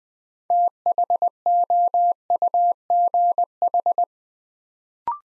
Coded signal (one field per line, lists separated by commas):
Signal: Morse code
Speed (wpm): 21 wpm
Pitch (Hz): 700 Hz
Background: none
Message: THOUGH